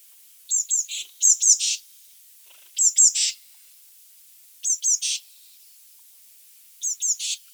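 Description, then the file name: Eurasian blue tit calling: two thin high notes before a rasping buzz, the phrase repeated several times at irregular intervals in a quiet setting. "Cyanistes caeruleus"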